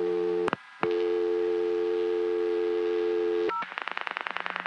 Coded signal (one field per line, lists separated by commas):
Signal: telephone call progress tone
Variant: North America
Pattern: dial tone